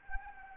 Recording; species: mosquito wingbeat signal from an infrared sensor; Anopheles arabiensis